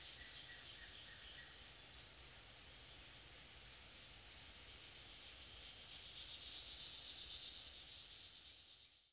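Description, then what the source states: Cicadas giving a constant shrill buzz that runs on evenly, with a few faint short tones early on before the sound fades at the end. Tropical forest.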